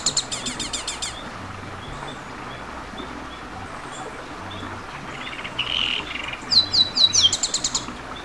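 Bird calls: a burst of quick, high chirps, a long quiet stretch with faint notes, then another rapid run of bright, twittering chirps.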